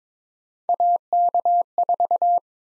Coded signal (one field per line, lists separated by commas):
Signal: Morse code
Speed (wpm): 21 wpm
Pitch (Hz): 700 Hz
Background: none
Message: AK4